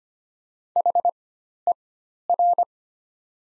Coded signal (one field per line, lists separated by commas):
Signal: Morse code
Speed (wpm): 25 wpm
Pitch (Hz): 700 Hz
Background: none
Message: HER